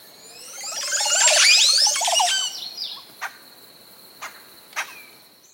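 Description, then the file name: Montezuma oropendola song, a loud bubbling gurgle of tumbling liquid notes swelling and fading, followed by three sharp separate clicks. "Canto do jacu de montezuma"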